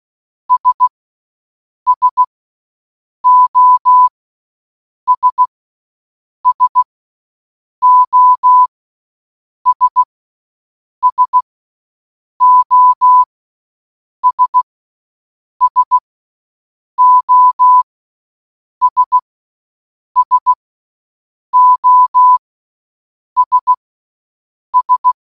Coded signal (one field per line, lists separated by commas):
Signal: Morse code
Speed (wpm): 16 wpm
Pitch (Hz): 1000 Hz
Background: none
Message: S SOS SOS SOS SOS SOS S